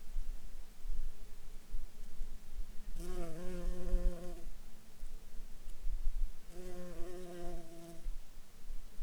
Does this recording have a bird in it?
no